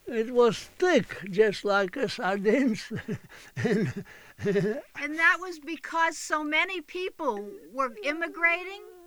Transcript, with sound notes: It was thick, just like sardines. (he laughs)
And that was because so many people were immigrating?